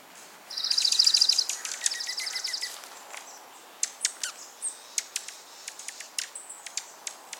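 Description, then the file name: Dark-eyed junco song: a rapid, high trill lasting about two seconds, followed by a loose series of sharp chip notes. "Junco hyemalis - Dark-eyed Junco"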